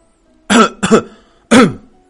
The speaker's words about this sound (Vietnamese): Hắn ho khan một tiếng.